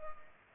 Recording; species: mosquito wingbeat signal from an infrared sensor; Culex pipiens